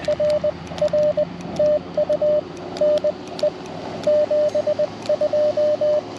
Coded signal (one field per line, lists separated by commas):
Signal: Morse code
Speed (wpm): 20 wpm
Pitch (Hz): 590 Hz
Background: radio noise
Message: RR TU NE 72